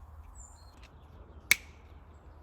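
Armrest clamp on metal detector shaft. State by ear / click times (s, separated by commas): seated / 1.5 s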